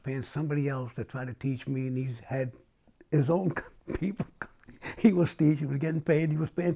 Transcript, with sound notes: He was paying somebody else to try to teach me. And he's had his own people - [laughs] he was steep, he was getting paid, and he was paying for me.